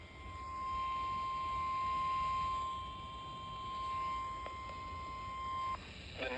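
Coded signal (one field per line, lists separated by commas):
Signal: Emergency Alert System (SAME) tones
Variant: 1050 Hz attention tone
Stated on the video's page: Real EAS alerts received during summer 2025, compiled into a mock Nintendo Direct presentation.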